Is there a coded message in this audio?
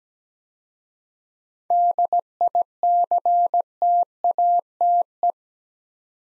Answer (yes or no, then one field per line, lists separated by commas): yes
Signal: Morse code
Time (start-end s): 1.7-5.3 s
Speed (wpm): 17 wpm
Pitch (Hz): 700 Hz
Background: none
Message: DICTATE